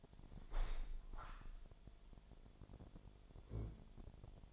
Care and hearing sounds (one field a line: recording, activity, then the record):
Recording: daily activity, microphone in the room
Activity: open window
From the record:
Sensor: 5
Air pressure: 1006.7 hPa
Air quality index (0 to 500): 191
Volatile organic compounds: 5 ppm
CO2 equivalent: 1820 ppm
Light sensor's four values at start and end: 57/161/63/63 and 56/160/62/63